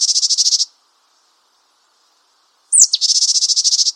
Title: suara burung gelatik batu jepang